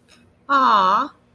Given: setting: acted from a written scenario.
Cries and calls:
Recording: vocal sound without words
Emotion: adoration

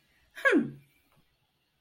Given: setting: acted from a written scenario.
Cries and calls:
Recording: vocal sound without words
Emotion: triumph

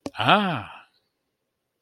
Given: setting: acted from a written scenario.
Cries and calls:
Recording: vocal sound without words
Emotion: positive surprise

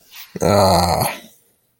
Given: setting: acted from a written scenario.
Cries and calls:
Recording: vocal sound without words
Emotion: embarrassment

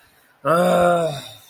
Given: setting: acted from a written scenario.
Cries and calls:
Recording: vocal sound without words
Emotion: anger

